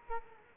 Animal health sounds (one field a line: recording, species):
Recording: mosquito wingbeat signal from an infrared sensor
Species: Culex quinquefasciatus